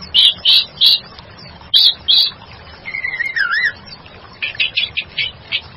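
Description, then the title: White-rumped shama song: bright whistled notes in quick bursts, a warbling mid-pitched phrase in the middle, then a rapid run of high notes. "murai batu"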